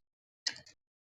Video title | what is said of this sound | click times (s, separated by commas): ทดสอบปืนฉีดน้ำไร้สาย | เข้าไปกดเข้าไปแล้วมันก็จะล็อคเข้าที่นะครับผม | 0.5 s